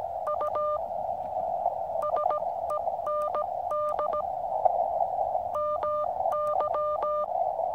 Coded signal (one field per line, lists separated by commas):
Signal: Morse code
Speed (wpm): 17 wpm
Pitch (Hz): 1200 Hz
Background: none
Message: U SEND MY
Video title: Savoir Comment Envoyer Votre Position Par Radio Peut Sauver Des Vies.